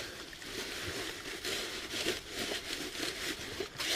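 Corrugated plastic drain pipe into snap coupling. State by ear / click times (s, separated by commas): not seated / none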